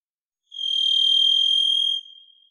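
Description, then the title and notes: Varied thrush song note: a long, pure, ringing whistle with thin higher overtones, steady in pitch for about one and a half seconds, then dying away. Song; Pacific Northwest, Washington, United States; parabolic single-species recording, processed for clarity with natural pace and rhythm kept. "Varied Thrush, Ixoreus naevius, song, parabolic single-species recording, processed for clarity, natural pace and rhthym maintained Recorded in the beautiful Pacific Northwest, Washington, United States"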